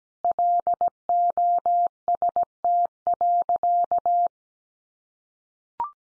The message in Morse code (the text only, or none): LOST.